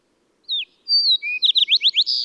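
Bird song: one falling note, a long whistle, a lower steady whistle, then five rapid slurred notes and a sustained final note.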